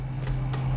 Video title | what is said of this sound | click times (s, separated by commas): How to disassemble the JTS T1 and change to AR stock | snaps right in just like that | 0.5 s